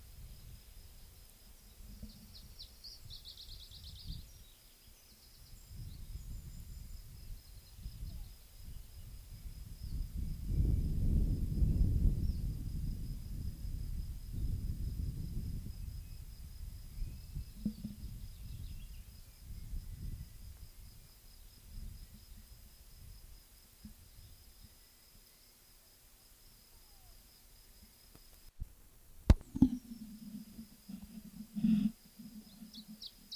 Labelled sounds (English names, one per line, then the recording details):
Iberian Chiffchaff song
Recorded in the wild
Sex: male
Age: adult
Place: Bei Ramales, Nordspanien, Kantabrien, ES
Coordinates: 43.25, -3.46667
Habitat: mountain side
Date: 1964-05-06
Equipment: Nagra III PH, Parabolspiegelmikrophon, LGS26
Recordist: Faber, A., Sapper and Schneider, H.-J